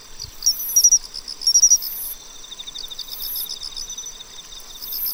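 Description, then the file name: Pine cricket chirps in two quick groups over a pulsing trill, with long sizzling insect bursts high above. "Matsumushi"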